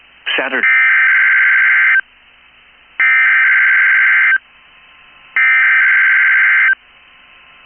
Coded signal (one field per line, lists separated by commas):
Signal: Emergency Alert System (SAME) tones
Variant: header bursts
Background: speech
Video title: 3/16/22 TOP OF THE MORNING TO YA!!!!!! Required Weekly Test EAS#156